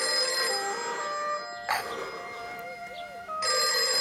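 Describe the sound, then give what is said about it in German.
A telephone bell rings in loud, bright, trilling bursts, one filling the opening second and a half and another starting near the end, with a softer stretch of tonal hum between them. “Ein Telefon?”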